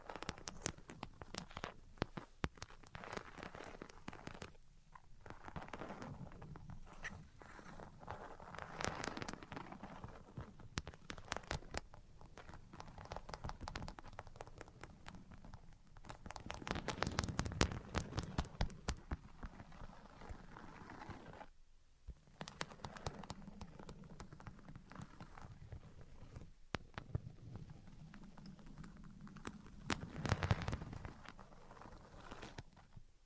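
Dense, irregular tapping and scratching runs throughout, with busier bursts around 9, 17 and 30 seconds and a brief pause near 22 seconds.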